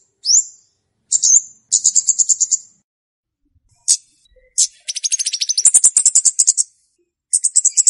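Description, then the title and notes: Scarlet-backed flowerpecker song: thin, very high notes, a short upslurred tick, then rapid buzzy trills of evenly spaced ticks repeated in bursts. Local names Kemade and Cabe Cabean; clear recording used as a lure for bird trapping (pikat). "Kicau Burung Kemade ( Cabe Cabean) Jernih. Suara Burung Cabe Cabean Pikat"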